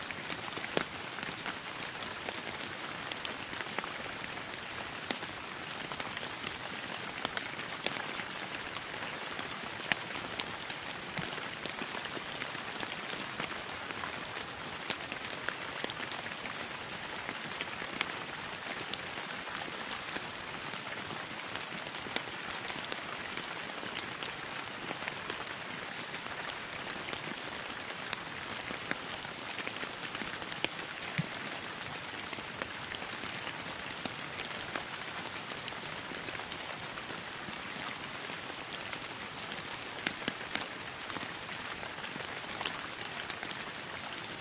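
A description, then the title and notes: Rain falls steadily, a dense patter of raindrops hitting a surface with countless small taps. The sound stays even and unchanging for the whole stretch, bright and hissy, with occasional slightly louder drips standing out from the wash. Dripping Raindrops. Tranquil dripping rain soundscape.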